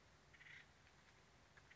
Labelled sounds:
Acorn Woodpecker
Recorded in Sonoma County, California

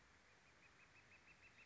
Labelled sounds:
Northern Flicker
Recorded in Sonoma County, California

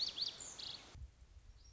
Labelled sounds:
Lazuli Bunting
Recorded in Sonoma County, California

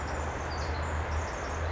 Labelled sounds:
Pacific Wren
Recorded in Sonoma County, California

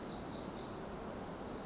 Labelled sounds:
Pacific Wren
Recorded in Sonoma County, California

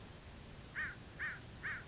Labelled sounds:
American Crow
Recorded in Sonoma County, California

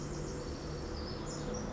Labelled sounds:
Pacific Wren
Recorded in Sonoma County, California

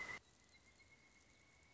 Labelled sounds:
Pileated Woodpecker
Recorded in Sonoma County, California

